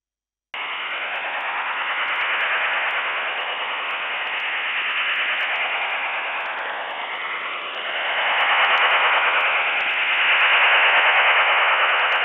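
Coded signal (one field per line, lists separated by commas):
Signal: HF data modem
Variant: STANAG 4285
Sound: continuous wide rushing hiss-like data signal with fast rough texture, slight fading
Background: radio static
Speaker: The next two examples will show the performance of the Stark 4285 decoder with two stations, one from Rionong and one from New Calonia. The recordings are in real time.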